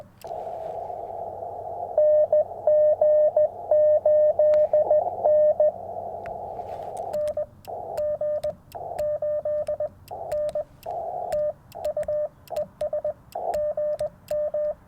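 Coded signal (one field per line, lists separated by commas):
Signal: Morse code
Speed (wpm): 20 wpm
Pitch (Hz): 600 Hz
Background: radio noise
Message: NG8N NG8N TU ES GM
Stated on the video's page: CW Parks on the Air activation at 50 watts from a Yaesu FT-891, sent with Bamatech paddles into a ground-mounted Yaesu ATAS-120A antenna with eight radials.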